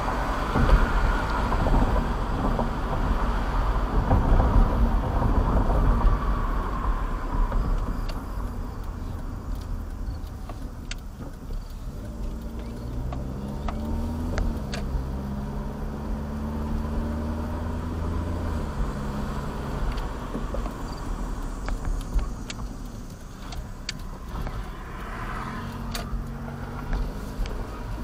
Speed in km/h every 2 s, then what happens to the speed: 66, 64, 55, 48, 35, 18, 15, 27, 37, 47, 40, 13, 6, 13.
0-11 brakes to 15. 12-18 speeds up to 47. 19-23 brakes to 6. 25-28 speeds up to 13.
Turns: 9-13, 22-25.